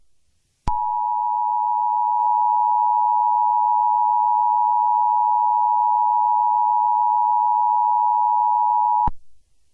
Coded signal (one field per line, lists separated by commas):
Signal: Emergency Alert System (SAME) tones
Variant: 853 and 960 Hz attention tone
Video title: EAS SCENARIO #1: Do Not Look Up